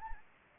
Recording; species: mosquito wingbeat signal from an infrared sensor; Anopheles gambiae